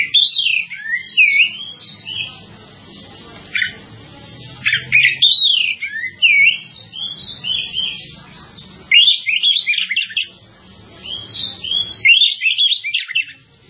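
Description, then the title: Java sparrow giving a long run of high, twittering chirps and sweeping notes in repeated bursts, with quieter stretches and a soft background hum. "kicau gelatik"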